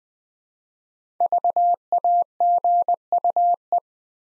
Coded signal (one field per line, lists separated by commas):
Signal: Morse code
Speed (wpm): 20 wpm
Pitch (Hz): 700 Hz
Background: none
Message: VAGUE